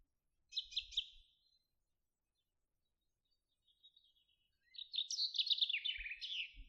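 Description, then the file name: Common chaffinch: a few quick high notes, a pause, then a song phrase that rattles down the scale; faint low knocks. "Fringilla coelebs"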